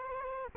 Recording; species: mosquito wingbeat signal from an infrared sensor; Culex quinquefasciatus